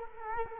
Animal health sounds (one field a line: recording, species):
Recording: mosquito wingbeat signal from an infrared sensor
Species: Culex quinquefasciatus